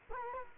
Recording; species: mosquito wingbeat signal from an infrared sensor; Culex quinquefasciatus